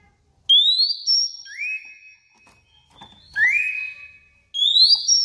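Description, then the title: Oriental magpie-robin: pure, high whistles that swoop upward and then hold steady, in several phrases. Magpie-robin described as 'konslet' (frantic, overexcited), said to set off other magpie-robins. "Kacer Konslet Bikin Kacer Lain"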